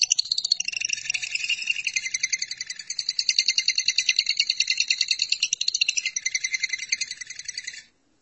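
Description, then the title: Lovebird song, a long unbroken stream of fast buzzy chattering notes lasting nearly eight seconds before stopping abruptly. "BM Suara Burung Lovebird"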